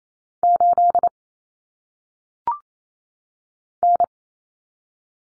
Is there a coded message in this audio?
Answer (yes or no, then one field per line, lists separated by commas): yes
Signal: Morse code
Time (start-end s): 0.4-4.0 s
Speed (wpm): 28 wpm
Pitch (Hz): 700 Hz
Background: none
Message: 8 N